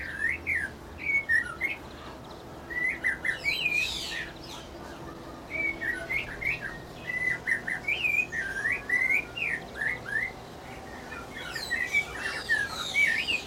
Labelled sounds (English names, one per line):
Snowy-crowned Robin-Chat